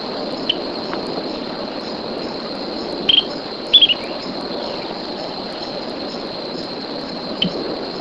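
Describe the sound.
Bird calls: brief high chirps, with two tight bursts of sharp notes around the middle and a lone chirp later, set against a constant high drone.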